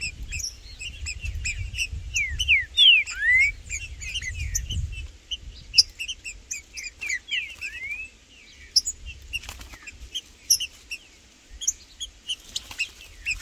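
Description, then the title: Green-winged saltator song: a few bright slurred whistled notes over many high, rapid chirps and low background noise. Trinca-ferro in the bush singing and 'macheando' (male display) a lot with a free wild bird; birds named Blindado and Tufão in the bush. "Trinca Ferro no MATO Cantando e Macheando muito com Solto! Blindado e Tufão no mato"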